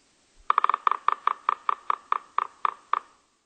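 Red-naped sapsucker drumming: a rapid cluster of taps that breaks into slower, irregularly spaced knocks.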